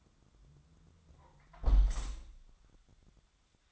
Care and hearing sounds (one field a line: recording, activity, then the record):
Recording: daily activity, microphone in the room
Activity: close window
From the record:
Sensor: 3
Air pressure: 1004.6 hPa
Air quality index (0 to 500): 78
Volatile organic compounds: 2 ppm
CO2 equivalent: 1169 ppm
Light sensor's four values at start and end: 6/15/6/5 and 6/15/6/5